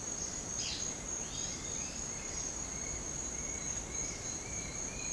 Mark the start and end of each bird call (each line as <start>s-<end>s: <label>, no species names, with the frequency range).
0.54s-5.12s: bird call (1.4-6.0 kHz)